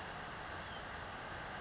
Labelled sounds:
California Towhee
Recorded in Sonoma County, California

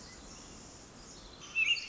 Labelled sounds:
Pacific Wren
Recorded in Sonoma County, California

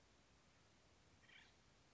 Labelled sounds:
Acorn Woodpecker
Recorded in Sonoma County, California

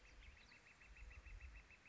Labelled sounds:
Northern Flicker
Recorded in Sonoma County, California

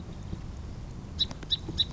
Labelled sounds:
Song Sparrow
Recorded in Sonoma County, California

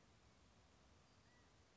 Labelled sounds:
California Quail
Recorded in Sonoma County, California

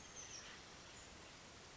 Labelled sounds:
Oak Titmouse
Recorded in Sonoma County, California

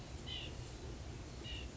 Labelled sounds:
White-breasted Nuthatch
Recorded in Sonoma County, California

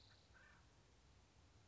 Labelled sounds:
Acorn Woodpecker
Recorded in Sonoma County, California

